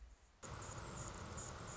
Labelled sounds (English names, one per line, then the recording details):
Anna's Hummingbird
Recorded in Sonoma County, California